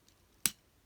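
The plastic knee joints of a transforming action figure, a Robots In Disguise 2001 Universe Side Burn from Transformers Legacy United, are pushed up during transformation. A single sharp, bright click at 0.5 s marks them seating into their fully raised position, all the way up, with only faint ticks around it in a quiet background.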